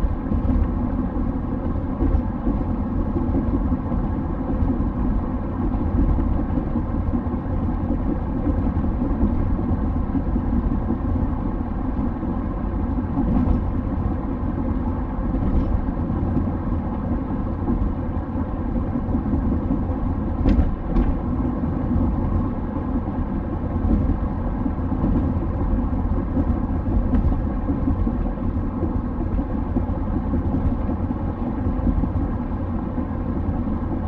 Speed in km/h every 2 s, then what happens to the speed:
92, 92, 93, 92, 92, 93, 93, 93, 93, 93, 92, 92, 92, 92, 92, 93, 92.
0-34 steady at about 92.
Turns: none.